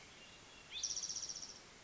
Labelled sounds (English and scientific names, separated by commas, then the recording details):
Spotted Towhee (Pipilo maculatus)
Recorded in Sonoma County, California